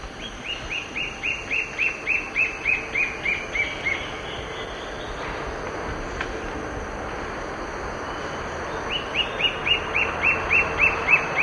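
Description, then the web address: White-flanked antwren song: a fast series of about fourteen high, evenly spaced notes lasting nearly four seconds, then a pause, then another series starting, over steady insect hiss. Recorded in the eastern lowlands of South America. "Natures Songs S America Eastern Lowlands. Myrmotherula axillaris, song"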